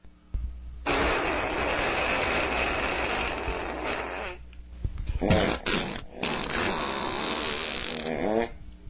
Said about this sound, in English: Yes, well, we snuck up to the cave, and it appeared to be the home of the creatures, so I slipped in a recorder into the mouth of the cave and captured this fart.